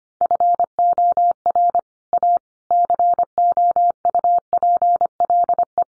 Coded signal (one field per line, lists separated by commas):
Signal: Morse code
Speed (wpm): 25 wpm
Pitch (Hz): 700 Hz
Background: none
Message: FOR A COUPLE